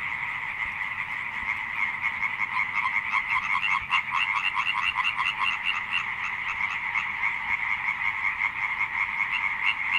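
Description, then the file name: Tree frogs croaking together, a loud rapid pulsing series standing out over a continuous rattling chorus of many frogs. Loud tree frog song with a chorus of tree frogs in the background. "chant rainette ok fort avec fond sonore choeur rainette"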